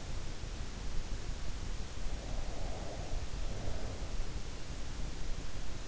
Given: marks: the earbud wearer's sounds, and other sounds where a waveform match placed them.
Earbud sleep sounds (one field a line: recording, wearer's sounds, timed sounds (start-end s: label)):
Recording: sounds in sleep by an in-ear microphone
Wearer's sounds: breath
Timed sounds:
2.20-4.16 s: breath